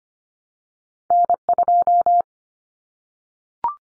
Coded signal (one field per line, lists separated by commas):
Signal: Morse code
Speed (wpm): 25 wpm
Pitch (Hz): 700 Hz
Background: none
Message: N2